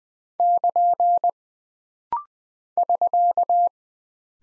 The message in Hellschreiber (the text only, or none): none